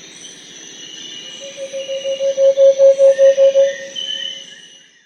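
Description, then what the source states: Variegated antpitta song, a series of low hollow whistled hoots that rise in volume then fade, over a steady high insect drone. South America.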